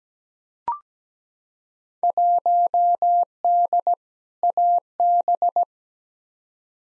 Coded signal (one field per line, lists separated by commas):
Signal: Morse code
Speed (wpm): 17 wpm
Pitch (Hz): 700 Hz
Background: none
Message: 1D AB